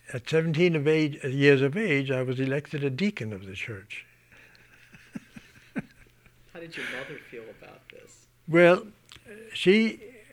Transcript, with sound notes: at seventeen years of age I was elected a deacon of the church. (he laughs)
How did your mother feel about this?
Well, she,